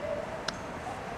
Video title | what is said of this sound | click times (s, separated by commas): Mister K Gomes services spark plugs | okay so it clicked in place once that's done I'm going to show my instructor that they're properly installed I'm going to remove my tape | 0.5 s